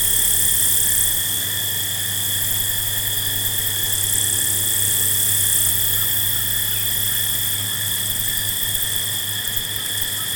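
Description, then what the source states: Field crickets in a steady, continuous trilling chorus with high and mid-pitched tones, under a low droning hum and broad hiss. Several field crickets at night.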